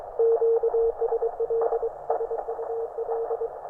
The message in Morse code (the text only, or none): QSL SUL